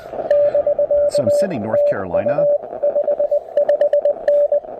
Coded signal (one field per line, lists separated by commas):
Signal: Morse code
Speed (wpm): 20 wpm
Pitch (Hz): 590 Hz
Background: speech, radio noise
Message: <BK> TU 55N